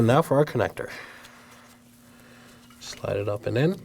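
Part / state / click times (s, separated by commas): wiring harness connector to camshaft position sensor / not seated / none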